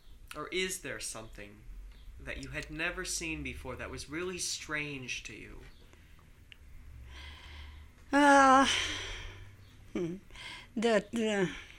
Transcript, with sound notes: Or is there something that you had never seen before that was really strange to you?
( she sighs ) That,